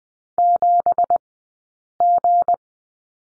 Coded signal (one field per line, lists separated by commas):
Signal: Morse code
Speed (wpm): 20 wpm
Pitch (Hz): 700 Hz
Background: none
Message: 7G